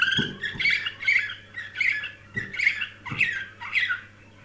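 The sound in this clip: Canary warbling in several repeated short phrases, bubbly and buzzy, with soft knocks and a constant low hum.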